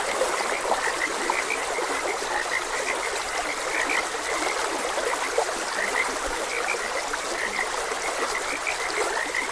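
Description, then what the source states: Frogs croaking in brief short notes over constant trickling and rushing water. Frogs croaking beside a gentle stream.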